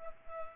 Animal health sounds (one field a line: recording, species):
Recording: mosquito wingbeat signal from an infrared sensor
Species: Culex pipiens